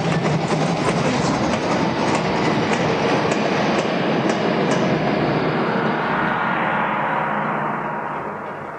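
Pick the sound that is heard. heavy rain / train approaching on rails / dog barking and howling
train approaching on rails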